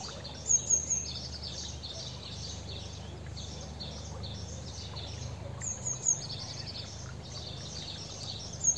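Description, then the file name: Eurasian blue tit call: brief, faint bursts of high, thin notes heard a few times, over a low rumbling background. "Cyanistes caeruleus"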